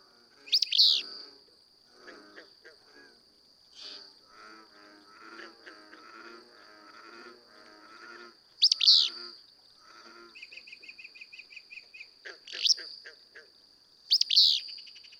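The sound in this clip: Willow flycatcher repeating several loud, wheezy bursts, over a continuous high insect-like tone, low chattering and a brief rapid trill.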